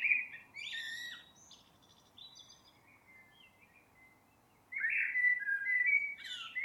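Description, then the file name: Common blackbird song: a warbled phrase with a squeaky ending, a quieter stretch with faint notes, then another mellow phrase begins. "Turdus merula"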